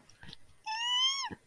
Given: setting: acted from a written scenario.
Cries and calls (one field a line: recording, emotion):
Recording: vocal sound without words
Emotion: positive surprise